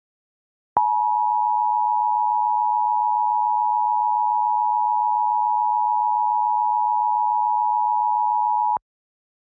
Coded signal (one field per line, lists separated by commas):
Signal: Emergency Alert System (SAME) tones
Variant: 853 and 960 Hz attention tone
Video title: [EAS SCENARIO / ANALOG HORROR] - Dark Autumn 2